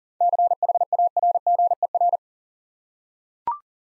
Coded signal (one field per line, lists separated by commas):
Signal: Morse code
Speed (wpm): 40 wpm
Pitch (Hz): 700 Hz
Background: none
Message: CHARGER